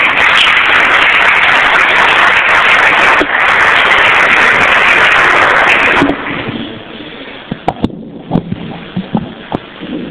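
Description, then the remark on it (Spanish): A crowd applauds loudly and steadily for about six seconds, welcoming a priest lecturer at a Catholic formation course for university students, then the clapping fades to a softer patter with a few scattered individual claps near the end. “De nuevo lo recibimos con un fuerte aplauso.”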